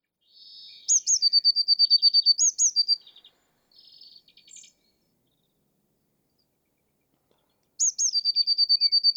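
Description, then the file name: Eurasian blue tit song: two piercing high notes then a quick, bright trill, repeated with quiet buzzy chatter between phrases and a silent gap before the last. "Cyanistes caeruleus"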